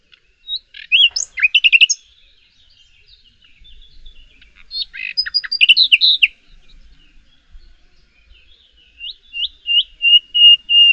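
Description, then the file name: Common nightingale song in clear bursts: loud fluty whistles and rattling chirps, a varied midway phrase of sharp notes, then a series of repeated rising-falling whistles to the end. "Luscinia megarhynchos"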